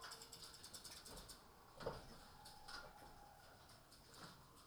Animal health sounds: poultry house recording; healthy chickens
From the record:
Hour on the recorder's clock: 19

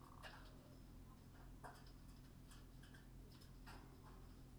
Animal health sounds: poultry house recording; sick chickens (respiratory disease)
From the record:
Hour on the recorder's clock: 20

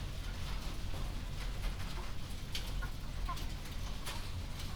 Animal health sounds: poultry house recording; healthy chickens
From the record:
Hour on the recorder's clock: 21

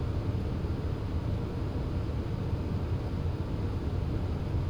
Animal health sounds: poultry house recording; no chicken sound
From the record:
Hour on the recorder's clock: 0

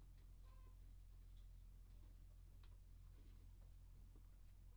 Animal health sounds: poultry house recording; healthy chickens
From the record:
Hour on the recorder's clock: 1

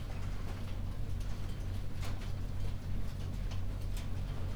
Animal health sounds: poultry house recording; no chicken sound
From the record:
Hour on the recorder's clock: 22

